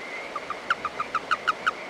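Toad uttering a run of nine brief, clear notes in quick succession, the later ones louder, with a steady faint high tone behind them.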